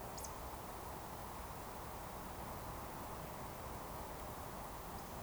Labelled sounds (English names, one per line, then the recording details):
Eurasian Woodcock whistle
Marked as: whistle, whistle
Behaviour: display flight
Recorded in Baden-Württemberg, Germany, on 14 June 2020 at 20:19 UTC
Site 43791, 788 m above sea level